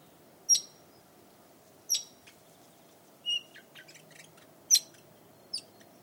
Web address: BBC. red rumped parakeet